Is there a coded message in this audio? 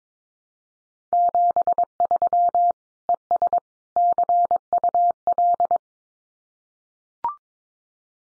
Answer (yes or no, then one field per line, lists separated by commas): yes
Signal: Morse code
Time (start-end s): 1.1-5.8 s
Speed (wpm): 22 wpm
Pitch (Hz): 700 Hz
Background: none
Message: 73 ES CUL